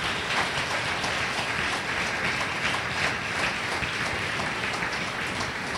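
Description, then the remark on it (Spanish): An audience at an Asamblea de Dios church service applauds the Lord steadily, a dense, even wash of many hands clapping at once, loud and sustained without pause and with no voices rising above it. “¿Cuántos pueden darle un fuerte aplauso al Señor en esta hora?”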